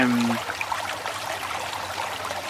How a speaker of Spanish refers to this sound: Ahí, agüita sonando. Ahí va. Oh. Agua, sí, escucho. Qué cosa el agua, ¿no?